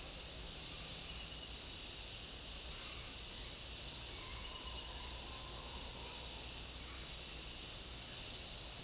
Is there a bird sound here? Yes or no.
no